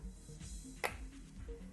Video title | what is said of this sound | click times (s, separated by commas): Bow Drill Fire Proper Form, Practical Primitive | it around and listen for the snap | 0.8 s